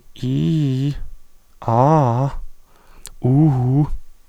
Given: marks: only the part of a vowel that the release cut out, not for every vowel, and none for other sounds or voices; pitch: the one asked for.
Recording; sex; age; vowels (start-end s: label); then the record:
sustained vowels; male; 20 to 29 years
0.28-0.87 s: vowel /i/, low-high-low pitch
1.71-2.24 s: vowel /a/, low-high-low pitch
3.29-3.80 s: vowel /u/, low-high-low pitch
From the record:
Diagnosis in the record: stuttering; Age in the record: 28 years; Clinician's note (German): Strobosk. o. B.